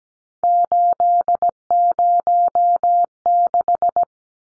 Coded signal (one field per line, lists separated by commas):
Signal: Morse code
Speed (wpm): 17 wpm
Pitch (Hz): 700 Hz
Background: none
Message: 806